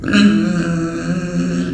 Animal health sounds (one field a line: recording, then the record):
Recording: squeal of a Yucatan mini pig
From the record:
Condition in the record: after surgery on the right vocal fold (resection and tissue-engineered implant)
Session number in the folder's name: 6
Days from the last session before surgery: 40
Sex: female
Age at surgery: 19 weeks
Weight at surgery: 25 kg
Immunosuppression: prednisolone